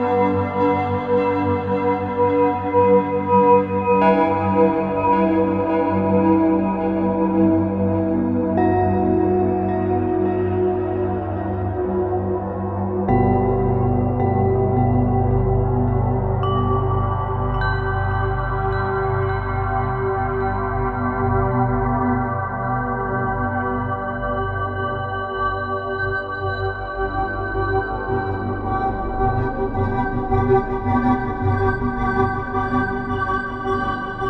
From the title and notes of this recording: Some Macro/modulation wheel/aftertouch action in the demo. Multi-sampled crystal bowls layered with granulated reversed bowls.